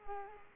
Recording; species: mosquito wingbeat signal from an infrared sensor; Culex quinquefasciatus